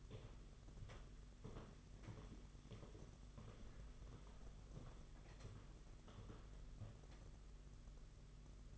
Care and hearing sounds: daily activity, microphone in the room; walk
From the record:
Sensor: 4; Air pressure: 992.4 hPa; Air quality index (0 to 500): 140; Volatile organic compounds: 68 ppm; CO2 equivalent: 3504 ppm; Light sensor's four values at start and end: 20/72/26/28 and 20/72/26/27

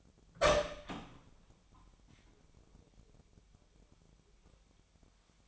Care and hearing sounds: daily activity, microphone in the room; open door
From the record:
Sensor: 1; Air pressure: 1007.4 hPa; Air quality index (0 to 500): 198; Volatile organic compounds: 19 ppm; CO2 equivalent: 2672 ppm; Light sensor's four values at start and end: 13/33/13/15 and 13/34/14/15

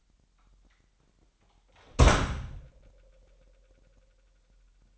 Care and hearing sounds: daily activity, microphone in the room; close door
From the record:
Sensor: 3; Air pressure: 998.2 hPa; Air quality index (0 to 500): 145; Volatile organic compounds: 5 ppm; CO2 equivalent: 1733 ppm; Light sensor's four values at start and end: 15/45/18/17 and 15/44/18/17

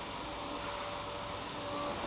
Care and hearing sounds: daily activity, microphone in the room; vacuum cleaning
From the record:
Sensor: 1

